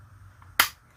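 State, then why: Seated. A plastic foot peg with a small clip is pressed into the hull of a 1999 Hasbro Tatooine Skiff toy. Against a quiet background, a single sharp, bright snap is heard at 0.6 s and fades quickly. The peg seats in place.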